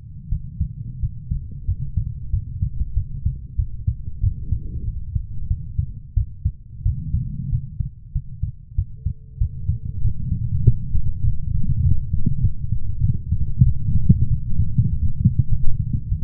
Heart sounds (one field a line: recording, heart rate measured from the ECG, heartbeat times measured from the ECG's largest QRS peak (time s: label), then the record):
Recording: heart sounds by stethoscope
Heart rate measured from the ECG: 95 bpm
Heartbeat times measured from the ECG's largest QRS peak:
0.29 s: heartbeat
1.00 s: heartbeat
1.65 s: heartbeat
2.30 s: heartbeat
2.94 s: heartbeat
3.56 s: heartbeat
4.21 s: heartbeat
4.85 s: heartbeat
5.48 s: heartbeat
6.14 s: heartbeat
6.83 s: heartbeat
7.50 s: heartbeat
8.13 s: heartbeat
8.75 s: heartbeat
9.38 s: heartbeat
10.02 s: heartbeat
10.64 s: heartbeat
11.24 s: heartbeat
11.83 s: heartbeat
12.41 s: heartbeat
13.01 s: heartbeat
13.64 s: heartbeat
14.28 s: heartbeat
14.90 s: heartbeat
15.49 s: heartbeat
16.09 s: heartbeat
From the record:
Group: healthy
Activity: rest 0-11 s, light exercise 11-16 s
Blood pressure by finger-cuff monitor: 117/69 mmHg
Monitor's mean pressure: 87 mmHg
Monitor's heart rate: 95 bpm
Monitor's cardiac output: 7.9 L/min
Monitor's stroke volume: 84 mL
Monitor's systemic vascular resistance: 790 dyn s/cm5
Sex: female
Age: 24 years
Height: 163 cm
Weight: 55.7 kg